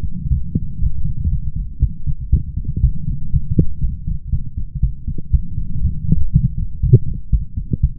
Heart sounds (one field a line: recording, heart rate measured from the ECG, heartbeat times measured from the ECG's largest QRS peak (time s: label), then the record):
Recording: heart sounds by stethoscope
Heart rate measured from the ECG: 120 bpm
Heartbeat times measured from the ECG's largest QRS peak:
0.28 s: heartbeat
0.79 s: heartbeat
1.30 s: heartbeat
1.80 s: heartbeat
2.30 s: heartbeat
2.81 s: heartbeat
3.31 s: heartbeat
3.81 s: heartbeat
4.30 s: heartbeat
4.81 s: heartbeat
5.31 s: heartbeat
5.82 s: heartbeat
6.32 s: heartbeat
6.81 s: heartbeat
7.31 s: heartbeat
7.81 s: heartbeat
From the record:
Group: healthy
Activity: light exercise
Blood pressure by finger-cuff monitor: 113/77 mmHg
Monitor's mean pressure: 87 mmHg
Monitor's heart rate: 120 bpm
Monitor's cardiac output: 8.7 L/min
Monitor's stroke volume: 72 mL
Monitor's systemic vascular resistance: 730 dyn s/cm5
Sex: female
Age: 19 years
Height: 163 cm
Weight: 48.9 kg